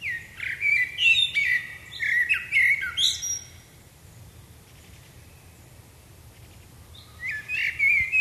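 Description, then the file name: Common blackbird song: a run of rich fluted notes ending in scratchy squeaks, silence, then a short new phrase begins. "Turdus merula"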